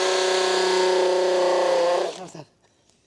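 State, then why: Stripped. A power drill drives a screw into the wooden angle supports of a shooting barricade, with the bit not seated straight in the screw head, so it slips and grinds. A steady, high-pitched whining grind runs for about two seconds, dips slightly in pitch, then winds down by about 2.5 s, with a faint tap at 2.9 s. The bit cams out and strips the screw head, and nothing has seated or clicked yet.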